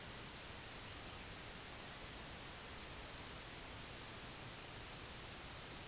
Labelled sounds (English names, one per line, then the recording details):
none
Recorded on Arctic tundra, site IGLO-D, on 17 June 2018
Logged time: 00:00